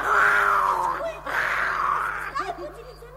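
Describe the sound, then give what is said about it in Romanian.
Two long, wavering lion roars in a row, each drawn out for about a second and fairly loud, followed by a short burst of lower, broken vocal sounds. “Nici o mișcare până când nu auzi strigătul leului, așa.”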